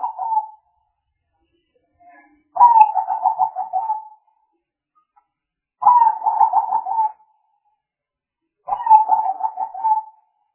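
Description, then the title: Spotted dove coos: the tail of one phrase, then three bubbling, pulsed coo phrases, repeated every three seconds or so. Used as a lure for trapping spotted doves. "Pikat Burung Tekukur"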